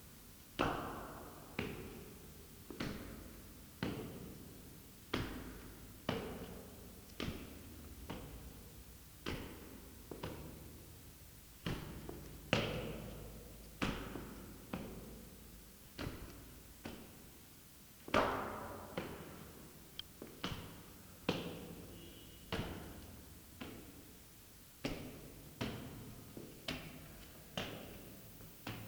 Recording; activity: daily activity, guitar pickup as the sensor; go downstairs